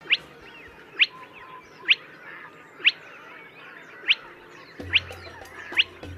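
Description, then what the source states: Spotted Crake calls: sharp, whip-like rising notes repeated about once a second, seven in all, over a soft background hiss. Played at the start of the programme.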